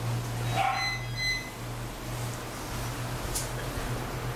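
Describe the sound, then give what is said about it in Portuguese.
A small dog gives a few quick, high-pitched yips in the first second and a half, then falls quiet over a steady low electrical hum. “Você não vai dar um abraço no cachorrinho antes de ir embora?”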